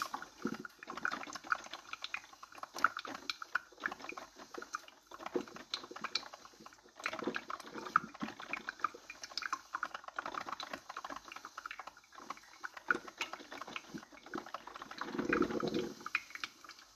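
Coffee brewing, with dense, irregular gurgling and bubbling that crackles on without pause through the whole clip. Short bright pops and hisses come close together, and around fifteen to sixteen seconds a louder, lower burble swells before settling back.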